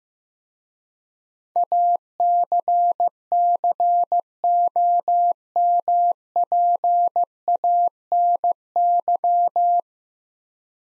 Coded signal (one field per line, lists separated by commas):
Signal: Morse code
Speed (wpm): 15 wpm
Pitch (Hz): 700 Hz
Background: none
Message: ACCOMPANY